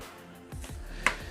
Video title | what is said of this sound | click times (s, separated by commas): WPL C44KM Kit Build. | when you button everything up everything should just snap into place right there | 1.1 s